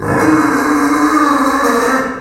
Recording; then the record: squeal of a Yucatan mini pig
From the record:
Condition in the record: after surgery on the right vocal fold (resection and tissue-engineered implant); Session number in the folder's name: 4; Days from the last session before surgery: 26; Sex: female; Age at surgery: 19 weeks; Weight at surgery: 25 kg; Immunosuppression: prednisolone